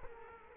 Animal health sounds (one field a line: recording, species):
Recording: mosquito wingbeat signal from an infrared sensor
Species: Culex quinquefasciatus